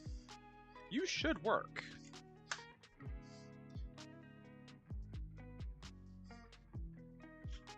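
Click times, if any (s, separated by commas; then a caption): 2.5 s. A lid on a food processor bowl is reseated after the machine would not run, and it clicks as it locks into place at 2.5 s. Someone talks over background music, and the lid is now seated and locked.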